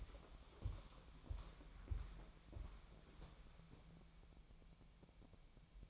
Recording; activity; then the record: daily activity, microphone in the room; walk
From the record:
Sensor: 1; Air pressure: 1015.4 hPa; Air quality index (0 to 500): 125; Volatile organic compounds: 5 ppm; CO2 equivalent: 1711 ppm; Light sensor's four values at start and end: 7/18/7/7 and 8/19/7/7